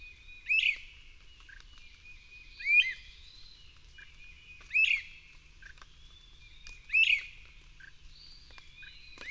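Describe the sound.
Bird song: short bright chirped phrases with a sharp upward flick, repeated about every two seconds, with faint lower notes and thin high whistles between them.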